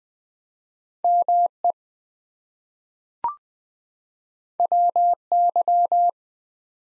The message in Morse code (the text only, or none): ME WY